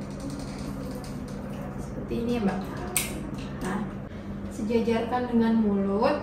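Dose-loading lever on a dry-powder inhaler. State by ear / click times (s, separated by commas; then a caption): seated / 3.0 s. Someone talks while a plastic dose-loading lever on a dry-powder inhaler is pushed until it clicks home. A sharp click is heard at 3.0 seconds, which loads a dose.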